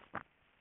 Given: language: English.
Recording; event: throat vibration sensor signal played as sound; swallow